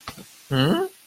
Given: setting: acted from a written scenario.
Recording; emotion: vocal sound without words; interest